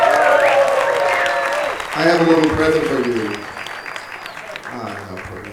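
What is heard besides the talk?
audience applause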